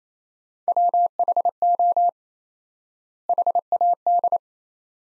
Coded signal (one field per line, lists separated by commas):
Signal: Morse code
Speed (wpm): 27 wpm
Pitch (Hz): 700 Hz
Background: none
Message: WHO HAD